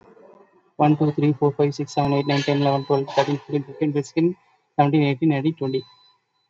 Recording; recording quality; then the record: counting at a fast pace; excellent, no background noise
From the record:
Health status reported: COVID-19 positive, no symptoms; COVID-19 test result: positive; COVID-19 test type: RT-PCR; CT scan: taken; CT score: 17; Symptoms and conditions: cough, cold, breathing difficulty, fatigue, muscle pain, loss of smell and taste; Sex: male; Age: 28 years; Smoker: no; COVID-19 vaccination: none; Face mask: not worn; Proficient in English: yes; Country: India